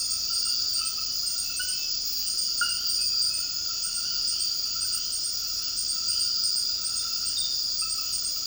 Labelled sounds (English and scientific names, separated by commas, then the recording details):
none
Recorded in dense forest near Puerto Asís, Putumayo, Colombia, on 19 February 2024 at 00:00
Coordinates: 0.481, -76.318
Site G6421